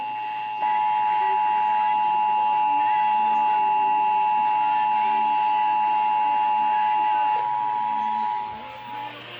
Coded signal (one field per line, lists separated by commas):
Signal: Emergency Alert System (SAME) tones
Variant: 853 and 960 Hz attention tone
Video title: GOODBYE 2019!!! EAS Alerts from 12/3/19 - 12/19/19 (EAS #3,507 - 3,542)